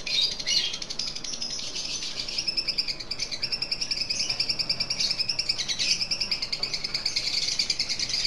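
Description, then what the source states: Lovebird chattering call: fast, high pulsed chatter. Lutino lovebird; ngekek chattering call, used for training.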